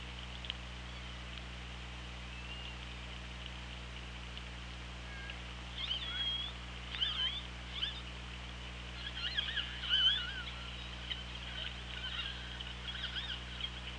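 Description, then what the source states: Killer whale calls, faint high whistled and squeaky notes in scattered bursts over the second half, above a steady low underwater hum. OrcaLab hydrophone, 24 August 2017, 17:04.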